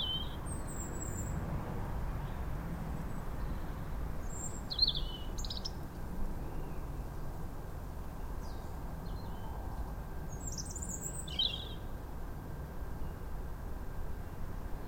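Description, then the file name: European robin giving scattered high, squeaky song fragments at irregular intervals across fifteen seconds, with a low steady rumble beneath. "Erithacus rubecula"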